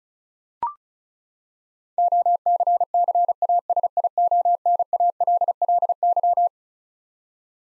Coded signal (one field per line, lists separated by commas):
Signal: Morse code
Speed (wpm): 34 wpm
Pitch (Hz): 700 Hz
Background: none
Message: OCCASIONALLY